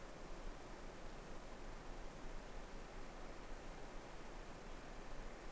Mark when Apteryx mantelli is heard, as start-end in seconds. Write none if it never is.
none